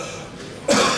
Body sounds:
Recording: coughing mixed with background sound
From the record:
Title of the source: Cough Around the Clock!

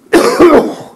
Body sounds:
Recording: coughing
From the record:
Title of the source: Coughing 77

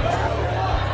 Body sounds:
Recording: background sound without coughing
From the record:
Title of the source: CITY SOUNDS Busy Bar in the Evening Night - 2 HOURS of Ambiance for Relaxation

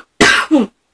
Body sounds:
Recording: coughing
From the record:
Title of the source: 64 coughing, allergies, singing lungs

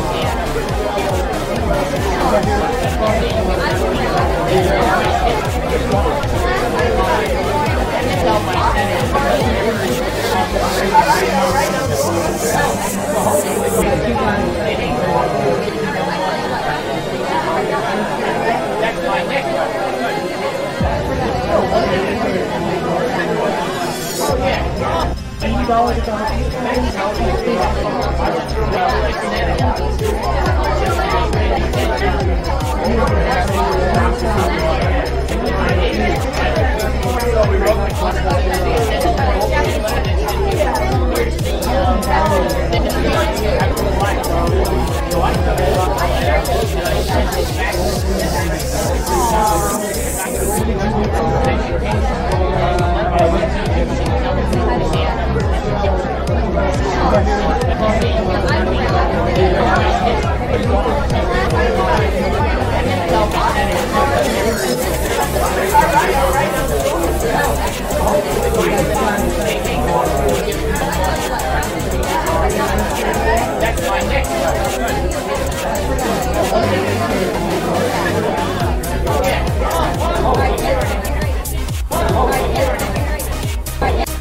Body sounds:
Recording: background sound without coughing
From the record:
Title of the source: Nightlife Party Simulating Party Club Noise 1 Hour

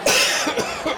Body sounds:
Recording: coughing mixed with background sound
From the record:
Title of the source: Dry Afternoon Cough

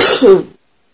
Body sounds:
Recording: coughing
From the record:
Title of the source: 30 Chesty and wet cough

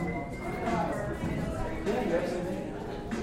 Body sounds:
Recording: background sound without coughing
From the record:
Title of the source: 60 minutes of coffee shop sounds for study and concentration

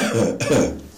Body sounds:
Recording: coughing mixed with background sound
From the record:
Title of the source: Spring Cold Coughing.

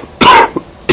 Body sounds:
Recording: coughing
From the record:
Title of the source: Coughing 60

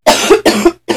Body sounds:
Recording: coughing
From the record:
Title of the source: 61 morning phlegmy cough...again

